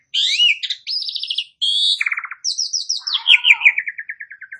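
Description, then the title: Asian pied starling song: a rapid run of varied phrases, with buzzy trills, clear whistles and chattering notes, broken by brief gaps. "Bunyi Jalak Suren"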